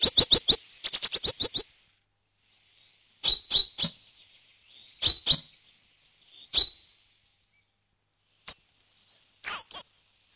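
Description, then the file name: Great tit calls: short, sharp notes repeated rapidly at first, then in spaced pairs and singles with silent gaps between them. "koolmees"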